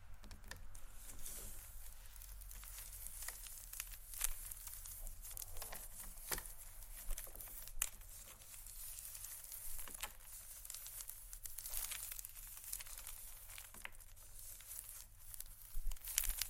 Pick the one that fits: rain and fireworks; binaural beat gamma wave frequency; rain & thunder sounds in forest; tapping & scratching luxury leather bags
tapping & scratching luxury leather bags